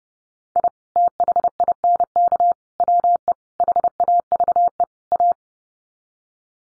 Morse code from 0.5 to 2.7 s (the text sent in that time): I THINK